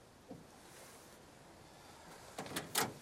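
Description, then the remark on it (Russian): The door of a red van opens as a man gets out, with a short series of rough, scraping clunks near the end, following a steady low hiss and a faint knock early on. “Джек выходит из фургона и ставит руки на дверь.”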